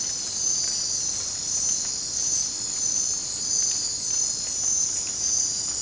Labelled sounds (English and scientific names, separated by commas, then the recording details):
none
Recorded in dense forest near Puerto Asís, Putumayo, Colombia, on 22 December 2024 at 21:00
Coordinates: 0.466, -76.327
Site G075